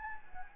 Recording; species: mosquito wingbeat signal from an infrared sensor; Anopheles gambiae